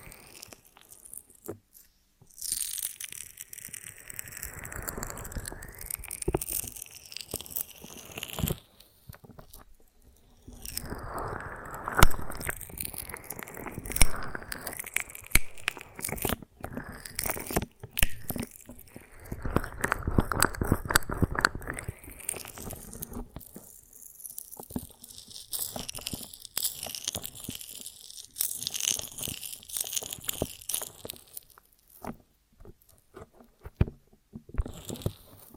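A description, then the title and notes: Honeycomb on a branch being bitten and chewed, with wet, sticky crunching in irregular bursts throughout. Busy stretches around 3–8, 11–16 and 19–23 seconds are dense and bright, separated by quieter gaps with scattered clicks and smacks. ASMR of a Honeycomb on Branch (No Talking).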